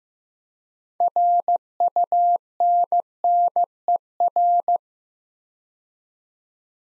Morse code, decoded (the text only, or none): RUNNER